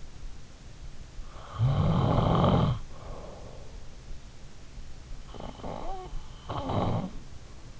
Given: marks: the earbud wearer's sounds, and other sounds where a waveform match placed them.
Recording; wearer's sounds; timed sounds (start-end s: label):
sounds in sleep by an in-ear microphone; snoring breath
1.17-3.80 s: snoring breath
4.83-7.80 s: snoring breath